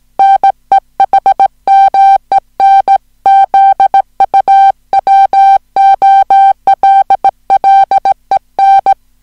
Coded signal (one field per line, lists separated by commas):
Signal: Morse code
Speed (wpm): 17 wpm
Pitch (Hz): 780 Hz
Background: music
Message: NEHMEN ZU WOLLEN